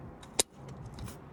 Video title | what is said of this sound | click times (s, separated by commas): Vauxhall Corsa Overheating Fixed | and you heard that click so that's um fitted | 0.4 s